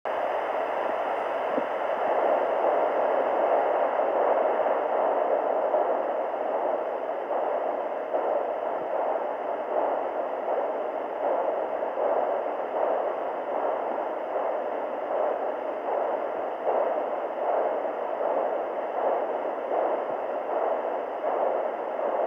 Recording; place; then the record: Doppler ultrasound of blood flow; carotid artery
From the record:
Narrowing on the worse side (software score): moderate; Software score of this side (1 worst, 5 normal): 5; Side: left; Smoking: never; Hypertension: controlled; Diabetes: no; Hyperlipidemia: no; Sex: female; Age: 44 years